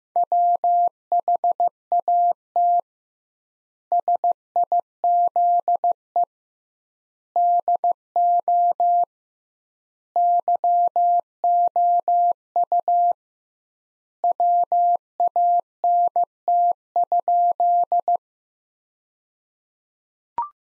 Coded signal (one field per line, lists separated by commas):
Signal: Morse code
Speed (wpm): 15 wpm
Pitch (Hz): 700 Hz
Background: none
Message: WHAT SIZE DO YOU WANT?